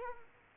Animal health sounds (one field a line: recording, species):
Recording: mosquito wingbeat signal from an infrared sensor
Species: Culex quinquefasciatus